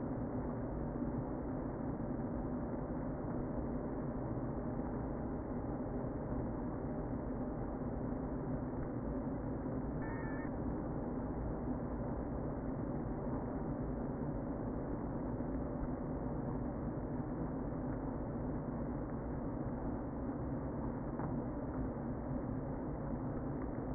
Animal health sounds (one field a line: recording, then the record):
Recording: honeybee colony, microphone inside the hive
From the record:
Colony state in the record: queen present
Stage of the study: before two queens were removed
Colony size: about 60,000 bees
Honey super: yes